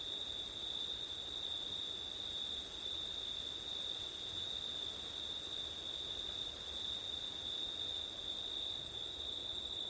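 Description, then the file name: Crickets keep up a constant high-pitched trilling chorus without pauses, two layered bands of sound over faint wind noise. Crickets on a windy September night; ORTF stereo. "crickets wind september night ortif"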